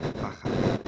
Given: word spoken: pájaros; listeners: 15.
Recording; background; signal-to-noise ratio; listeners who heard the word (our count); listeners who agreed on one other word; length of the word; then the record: one Spanish word in noise, from a listening test; noise modulated by one talker; -11.7 dB; 0 of 15; 9 of 15; 0.48 s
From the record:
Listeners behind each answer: 9, 2, 2, 2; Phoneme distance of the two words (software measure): 7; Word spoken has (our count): 3 syllables, 7 phonemes, stress on syllable 1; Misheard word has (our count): 3 syllables, 6 phonemes, stress on syllable 1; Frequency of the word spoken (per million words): 21.06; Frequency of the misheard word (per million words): 14.36